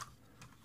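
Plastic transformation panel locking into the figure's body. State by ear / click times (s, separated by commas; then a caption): seated / 0.4 s. A plastic panel of a transforming robot/dinosaur figure, the Fans Toys FT-08 Grinder, is pulled up, flipped over and pushed until it locks into the figure's body. A single faint click at 0.4 s marks the part seating in place, amid quiet handling sounds.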